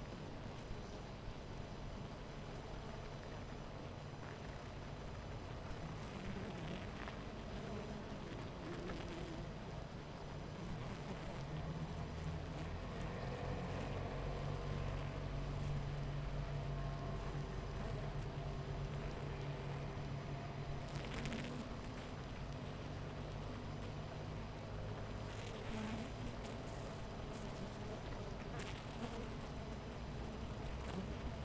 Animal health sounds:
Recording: honeybee colony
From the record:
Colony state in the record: missing queen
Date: 14 July 2017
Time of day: 10:01

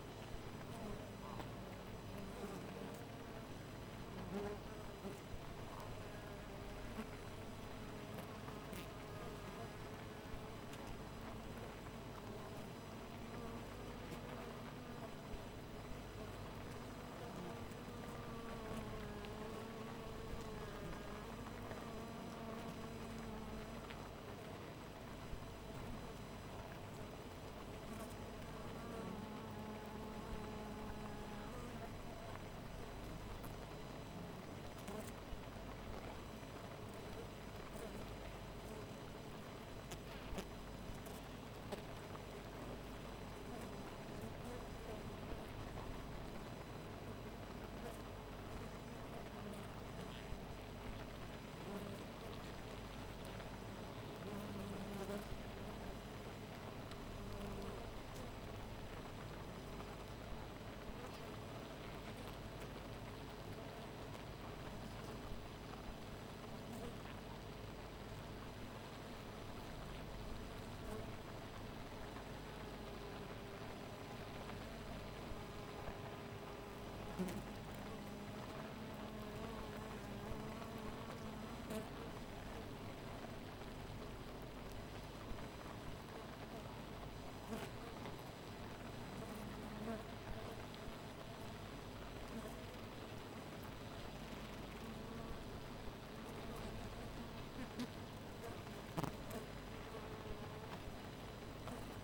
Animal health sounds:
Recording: honeybee colony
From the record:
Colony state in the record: missing queen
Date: 14 July 2017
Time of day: 4:20

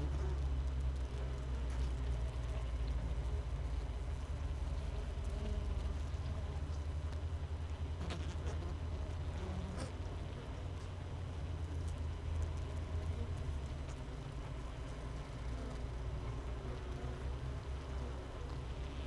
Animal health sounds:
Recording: honeybee colony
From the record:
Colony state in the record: missing queen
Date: 31 May 2018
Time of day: 16:40

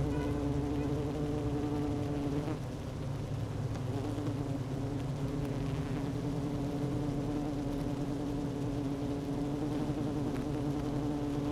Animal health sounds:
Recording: honeybee colony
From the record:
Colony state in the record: active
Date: 12 June 2018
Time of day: 11:15

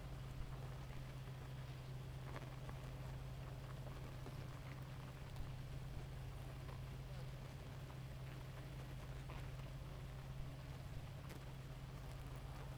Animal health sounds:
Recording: honeybee colony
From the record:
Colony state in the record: active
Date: 28 July 2017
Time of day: 2:33

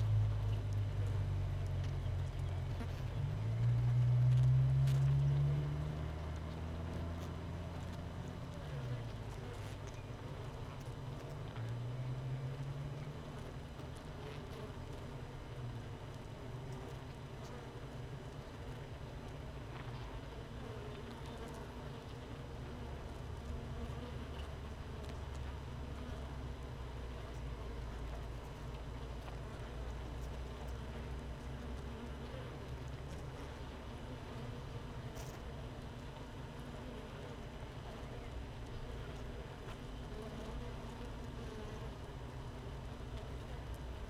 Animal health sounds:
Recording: honeybee colony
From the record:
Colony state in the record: missing queen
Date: 31 May 2018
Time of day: 15:12

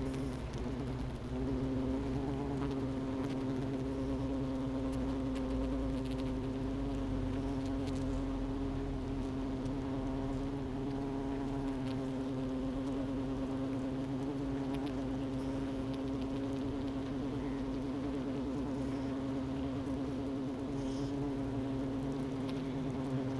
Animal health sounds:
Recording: honeybee colony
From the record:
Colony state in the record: missing queen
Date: 31 May 2018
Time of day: 11:10

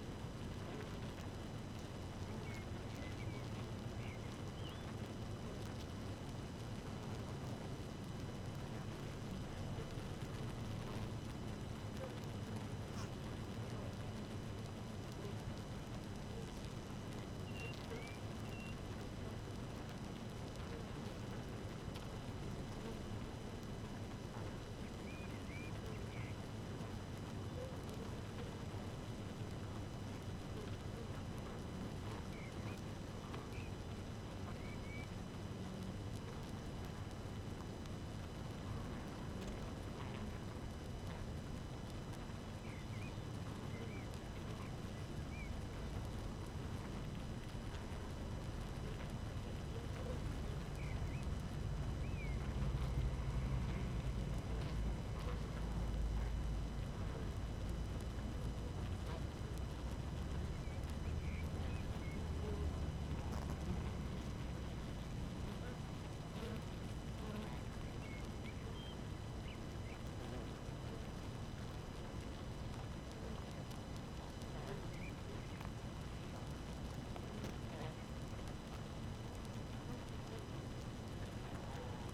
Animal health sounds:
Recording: honeybee colony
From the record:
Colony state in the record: active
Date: 12 June 2018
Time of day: 5:18

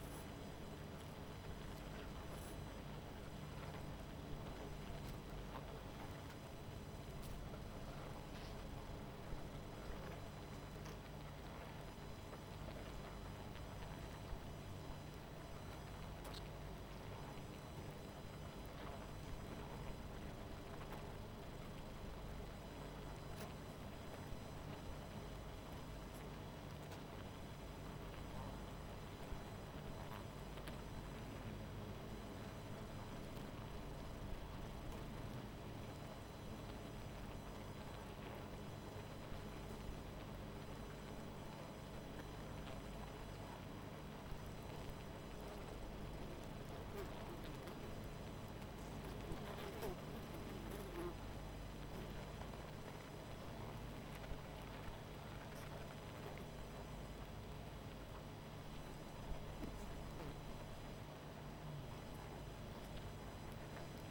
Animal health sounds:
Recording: honeybee colony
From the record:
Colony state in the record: missing queen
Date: 14 July 2017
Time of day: 19:44

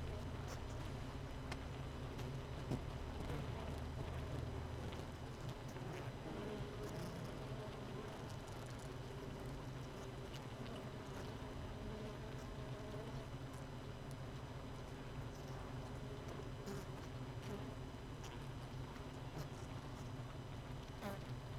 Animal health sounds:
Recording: honeybee colony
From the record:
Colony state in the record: missing queen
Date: 31 May 2018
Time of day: 17:47

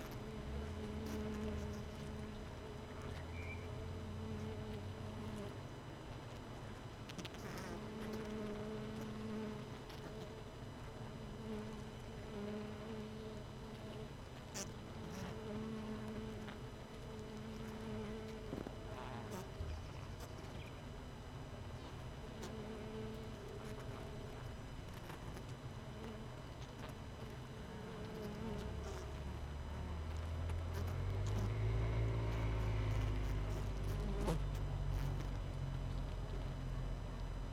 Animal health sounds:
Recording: honeybee colony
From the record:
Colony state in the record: missing queen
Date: 31 May 2018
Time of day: 18:39

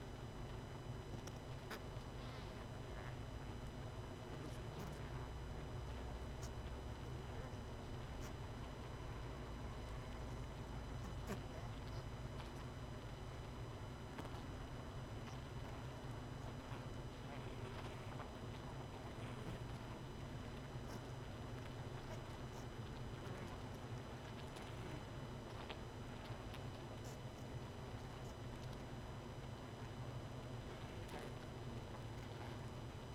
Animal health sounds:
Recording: honeybee colony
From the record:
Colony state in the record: missing queen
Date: 31 May 2018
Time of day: 21:24

